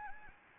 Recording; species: mosquito wingbeat signal from an infrared sensor; Anopheles gambiae